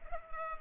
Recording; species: mosquito wingbeat signal from an infrared sensor; Culex pipiens